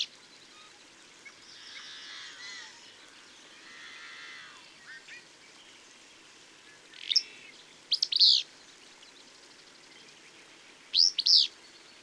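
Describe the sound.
Bird song: faint warbling early on, then crisp high chirped phrases, two close together and another about three seconds later.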